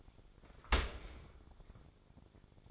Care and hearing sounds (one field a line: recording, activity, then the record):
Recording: daily activity, microphone in the room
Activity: open dishwasher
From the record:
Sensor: 5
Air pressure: 1006.9 hPa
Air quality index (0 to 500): 180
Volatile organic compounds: 5 ppm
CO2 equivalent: 1715 ppm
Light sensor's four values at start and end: 53/148/58/58 and 53/148/58/58